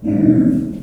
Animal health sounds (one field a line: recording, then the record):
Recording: squeal of a Yucatan mini pig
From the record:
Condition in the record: after surgery on the right vocal fold (resection and tissue-engineered implant)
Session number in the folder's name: 5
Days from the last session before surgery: 33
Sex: female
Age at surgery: 19 weeks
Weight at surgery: 25 kg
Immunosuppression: prednisolone